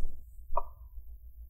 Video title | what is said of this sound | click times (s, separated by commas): How to upgrade SSD HDD on Acer Aspire 5 A514-54-356A 💿 | of hard you want to hear those click sounds on the back on the side | 0.6 s